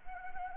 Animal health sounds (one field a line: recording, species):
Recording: mosquito wingbeat signal from an infrared sensor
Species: Anopheles arabiensis